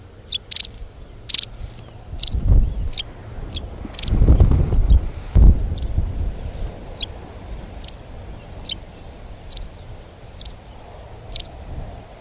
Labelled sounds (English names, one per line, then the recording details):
White Wagtail call
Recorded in the wild
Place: Nordhorn, Niedersachsen, DE
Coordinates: 52.36, 7.11
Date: 1985-06-15
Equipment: Sony WM-D6C, Big Ear
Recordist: Skiba, Reinald
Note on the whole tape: Syen-Venn